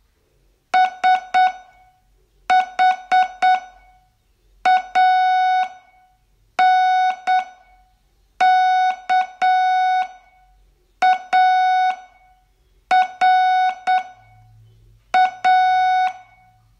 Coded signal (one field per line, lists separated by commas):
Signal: Morse code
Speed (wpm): 8 wpm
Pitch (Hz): 740 Hz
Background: none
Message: SHANKARA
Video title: Learn Morse in 42 Days from VU2LAU - day20 Test